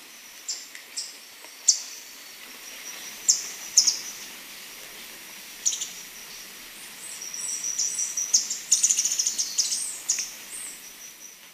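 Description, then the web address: Handsome flycatcher calling with spaced high, thin chips that build into a denser twittering run of rapid high notes near the end, with steady hiss. Ecuador, South America. "Natures Songs S America Birds of Ecuador Handsome Flycatcher"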